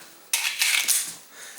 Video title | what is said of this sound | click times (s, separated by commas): Before You Buy A 1911 - What Are Good & Bad Features - What To Look For | okay this is a short mag so it's not clicking in but I | none